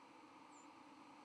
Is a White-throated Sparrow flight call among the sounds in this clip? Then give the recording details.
no. Another species' flight call is heard. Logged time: 08:40 on 31 October 2014